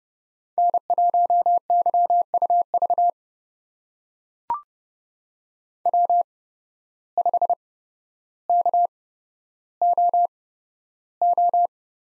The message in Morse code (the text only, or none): N1YUV W5KOO